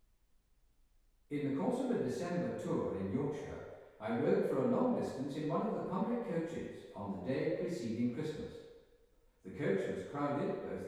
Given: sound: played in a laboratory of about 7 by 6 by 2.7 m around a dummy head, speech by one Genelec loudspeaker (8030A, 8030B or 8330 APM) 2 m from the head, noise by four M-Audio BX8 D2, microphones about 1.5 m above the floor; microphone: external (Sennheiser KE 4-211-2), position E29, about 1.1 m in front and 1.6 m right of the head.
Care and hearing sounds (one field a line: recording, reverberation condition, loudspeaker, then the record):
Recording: male speech in English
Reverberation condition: high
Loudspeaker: 120 degrees to the right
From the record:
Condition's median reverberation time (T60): about 1300 ms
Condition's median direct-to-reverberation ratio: about -4.0 dB